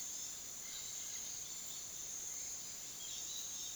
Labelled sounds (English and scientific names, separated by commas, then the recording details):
Dusky-headed Parakeet (Aratinga weddellii)
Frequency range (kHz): Dusky-headed Parakeet (Aratinga weddellii) 2.0-5.7 kHz
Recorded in pastures near Puerto Asís, Putumayo, Colombia, on 21 February 2024 at 07:30
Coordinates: 0.497, -76.327
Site G7276